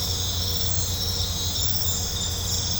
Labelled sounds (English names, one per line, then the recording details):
none
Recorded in pastures near Puerto Asís, Putumayo, Colombia, on 20 December 2024 at 21:30
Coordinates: 0.502, -76.324
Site G077